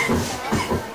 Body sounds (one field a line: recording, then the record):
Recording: coughing mixed with background sound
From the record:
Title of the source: Spring Cold Coughing 2